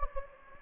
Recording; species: mosquito wingbeat signal from an infrared sensor; Anopheles gambiae